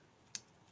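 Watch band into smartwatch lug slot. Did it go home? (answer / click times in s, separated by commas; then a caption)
yes / 0.3 s. A replacement watch band is slid into the lug slot of a Google Pixel Watch fitted with a slim protective case. A single sharp, bright click sounds at 0.4 s against quiet background noise, and the band locks in place.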